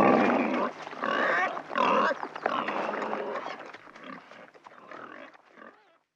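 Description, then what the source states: Wild boar giving loud, noisy squeals in several bursts during the first two seconds, then quieter grunting and snuffling that fades out. Wild boar recorded in a city.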